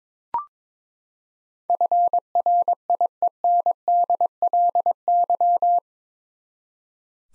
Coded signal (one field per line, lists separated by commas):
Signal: Morse code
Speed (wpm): 22 wpm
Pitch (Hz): 700 Hz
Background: none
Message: FRIENDLY